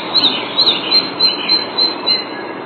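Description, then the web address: Red-breasted flycatcher song fragment, a run of high, sharp notes repeated at a quick, steady pace against steady background noise. Recorded 3 June 2007. "Animalia Birds 16 Tattingf Fparva"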